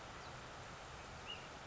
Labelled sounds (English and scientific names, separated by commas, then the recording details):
Ash-throated Flycatcher (Myiarchus cinerascens)
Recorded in Sonoma County, California